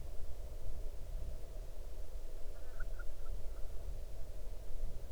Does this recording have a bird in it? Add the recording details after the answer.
yes. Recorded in the Arctic National Wildlife Refuge, Alaska, on 8 June 2019 at 00:45. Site 40